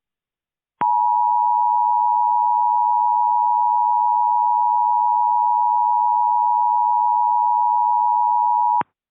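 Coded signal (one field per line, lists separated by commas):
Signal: Emergency Alert System (SAME) tones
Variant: 853 and 960 Hz attention tone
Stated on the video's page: Simulated EAS scenario, a test.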